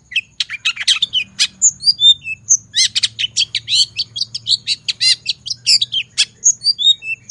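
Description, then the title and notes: Long-tailed shrike delivering a continuous, lively song of sharp chirps, buzzy notes and whistled slurs, starting after a brief silence and running without break. Morning recording of singing long-tailed shrike used as a lure; song described as energetic and full of fill phrases with 'toet toet' variations. "Cendet Gacor Dor Di Kala Pagi Toet Toet Variasi Suara. Pancingan Cendet FULL Isian GACOR DOR. Burung cendet"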